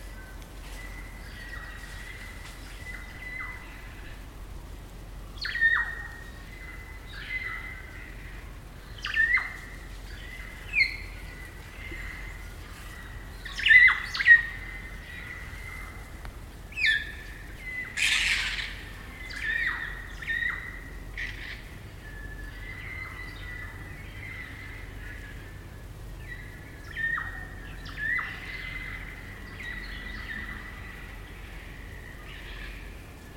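Kakas call at dusk, trading harsh squawks and sharp, whistled notes over a steady high ringing tone that runs through the whole recording. The calls come in scattered bursts, busiest between about 13 and 22 seconds, above a low, faint rumble.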